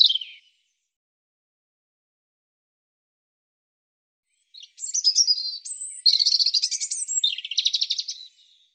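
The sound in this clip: European robin song: a brief thin high note at the start, then after silence a rich, rapid phrase of high twittering, trilled and warbled notes lasting several seconds.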